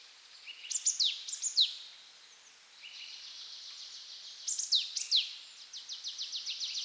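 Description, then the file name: Marsh tit calling: sharp, explosive downslurred notes alternating with fast, buzzy runs of high repeated notes. "Poecile palustris"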